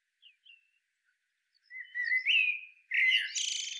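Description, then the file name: Common blackbird song phrase: a few faint high notes, then a warbled rising whistle followed by a squeaky, scratchy twitter at the end. "Turdus merula"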